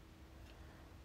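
A metal water tank is tried again in a Schmincke Horadam travel watercolor palette, and there is only a faint, steady low hum with no sharp sound. The tank stays wobbly and does not latch, and nothing has clicked or seated.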